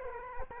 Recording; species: mosquito wingbeat signal from an infrared sensor; Culex quinquefasciatus